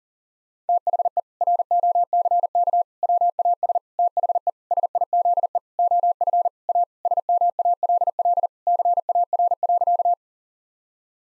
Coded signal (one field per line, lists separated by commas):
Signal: Morse code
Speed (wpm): 40 wpm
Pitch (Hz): 700 Hz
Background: none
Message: THE ROCK WAS THE SIZE OF A SMALL CAR.